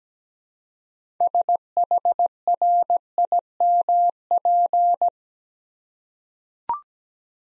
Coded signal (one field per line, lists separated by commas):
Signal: Morse code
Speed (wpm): 17 wpm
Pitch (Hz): 700 Hz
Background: none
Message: SHRIMP